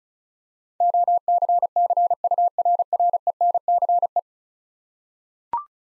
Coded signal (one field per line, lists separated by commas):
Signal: Morse code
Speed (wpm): 36 wpm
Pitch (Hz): 700 Hz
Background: none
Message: OCCURRENCE